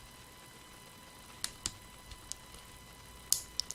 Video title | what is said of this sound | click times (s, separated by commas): Ham Nation 282: A First Look at Bouvet | we should hear it click | 3.3 s